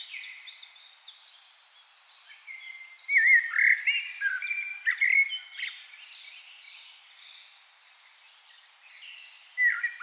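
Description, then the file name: Common blackbird giving mellow warbled phrases mixed with high squeaky twitters. "Turdus merula"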